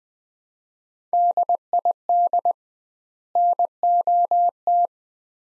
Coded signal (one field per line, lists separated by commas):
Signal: Morse code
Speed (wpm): 20 wpm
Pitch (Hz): 700 Hz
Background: none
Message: DID NOT